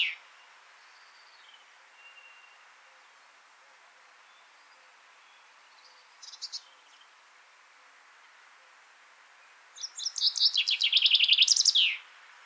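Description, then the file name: Common chaffinch song: long quiet stretches, a brief soft burst midway, then a full descending trill with a terminal flourish near the end. "Fringilla coelebs"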